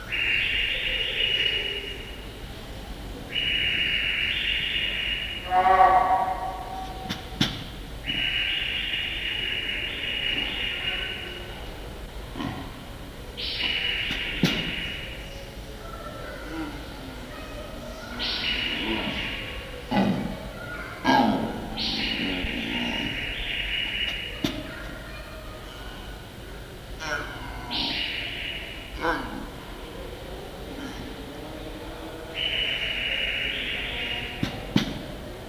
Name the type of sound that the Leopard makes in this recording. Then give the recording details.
call. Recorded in captivity. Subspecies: japonensis. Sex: female. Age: adult. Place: Tierpark Berlin, Berlin, DE. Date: 1968-01-27 10:00. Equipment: R 20/1, Sennheiser MD 421. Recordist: Tembrock, Günter